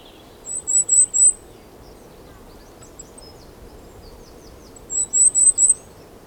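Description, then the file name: Goldcrest song: two short bursts of very high, thin repeated notes, each about a second long, separated by a quiet pause with faint background hiss. Song, Europe. "Wintergoldhaehnchen Gesang Voegel in Europa"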